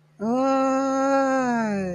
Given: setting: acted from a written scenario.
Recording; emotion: vocal sound without words; elation